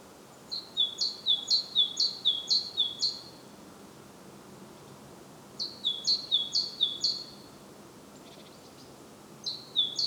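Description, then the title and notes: Great tit song: bright two-note phrases, high then low, repeated rapidly in two strophes of several phrases, with a short third strophe starting at the end. Recorded at Głodówka, Žilina Region, Slovakia, with a Zoom F3 recorder and Usi Pro microphones. "Głodówka, Kraj żyliński, Słowacja - Great voice of a great tit. Recordist: Maciej Wirmański"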